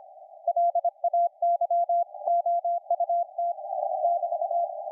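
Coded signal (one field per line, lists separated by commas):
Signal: Morse code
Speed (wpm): 26 wpm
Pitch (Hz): 690 Hz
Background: none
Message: LAYOUT <BT>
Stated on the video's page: 80m CW contact received on SDRplay RSP1-A with SDRuno; transmitter ICOM IC-718 100W; 80/40m fan dipole 20 feet up.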